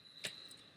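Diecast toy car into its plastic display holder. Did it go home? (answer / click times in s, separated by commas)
no / none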